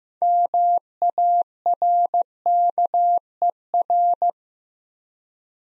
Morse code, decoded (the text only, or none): MARKER